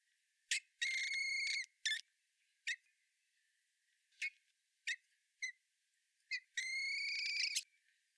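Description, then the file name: Common blackbird calls: short, sharp chinking notes at irregular intervals, broken by two longer buzzy, harmonic rattles near the start and end. "Turdus merula"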